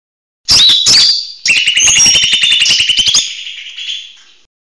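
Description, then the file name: Leafbird song: two sharp high notes, then a fast buzzy run of rapid repeated notes ending in a sustained high trill. Song style called mini tembakan besetan, used for training songbirds. "audio cucak hijau mini tembakan besetan omkicau"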